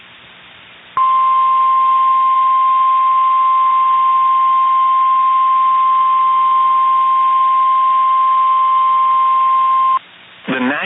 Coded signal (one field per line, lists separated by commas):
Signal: Emergency Alert System (SAME) tones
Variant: 1050 Hz attention tone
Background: speech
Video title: Severe Thunderstorm Warning | EAS #420